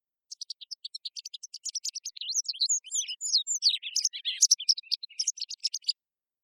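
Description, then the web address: White wagtail giving a long string of sharp high chips and twittering notes, with a denser jumble of scratchy warbles in the middle. "hakusekirei"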